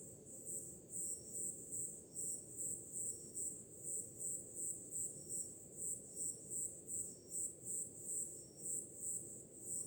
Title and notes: Som do mar ao fundo, grilos e cigarras em uma noite de verão – Ocean, crickets and cicadas in a summer night